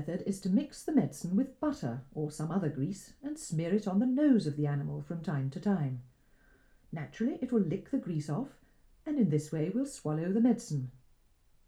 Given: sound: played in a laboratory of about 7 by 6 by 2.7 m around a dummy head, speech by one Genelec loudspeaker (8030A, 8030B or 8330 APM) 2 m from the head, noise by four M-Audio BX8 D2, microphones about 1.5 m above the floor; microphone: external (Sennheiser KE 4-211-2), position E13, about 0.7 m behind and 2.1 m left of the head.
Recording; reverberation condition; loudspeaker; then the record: female speech in English; low; 120 degrees to the left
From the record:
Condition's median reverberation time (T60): about 310 ms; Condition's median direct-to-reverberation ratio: about 3.5 dB